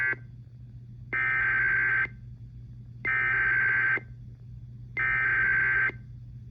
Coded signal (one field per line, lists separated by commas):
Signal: Emergency Alert System (SAME) tones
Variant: header bursts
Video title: IPAWSCAP RWTs & More (EAS #1001-#1014)